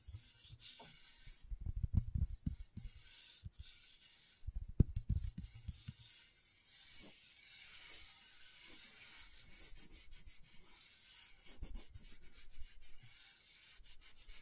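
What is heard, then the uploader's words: Scratchboard being worked, with scratchy rubbing strokes and a fine, bright hiss that runs throughout. Two heavier bursts of scraping come early, around two and five seconds, followed by lighter, steadier scratching with occasional sharp ticks, especially near twelve seconds. ASMR Brain Tingling Scratchboard (No Talking).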